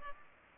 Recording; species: mosquito wingbeat signal from an infrared sensor; Culex pipiens